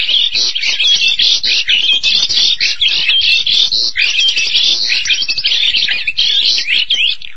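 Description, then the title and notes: Starling singing loud, rich chatter punctuated by slurred whistled notes, phrases following each other closely. "details Jalak. suara burung jalak"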